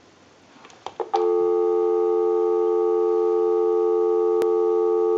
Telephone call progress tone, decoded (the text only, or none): dial tone